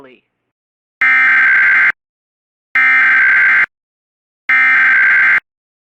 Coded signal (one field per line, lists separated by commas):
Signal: Emergency Alert System (SAME) tones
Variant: header bursts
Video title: EAS Alerts From 6/11/23 (EAS #1634-1649)